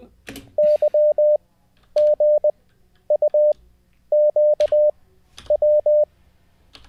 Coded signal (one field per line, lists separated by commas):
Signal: Morse code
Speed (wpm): 20 wpm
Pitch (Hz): 600 Hz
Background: none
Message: YGUQW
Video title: How to Learn Morse Code LIVE with N0SSC (Day 30)